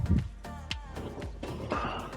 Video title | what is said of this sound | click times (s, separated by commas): How To Replace a Faulty Dryer Motor: Fixing Whirlpool Noise & Humming Issues | And to get these back in there, sometimes they're hard, but you have to push down and let it snap in place. | 0.7 s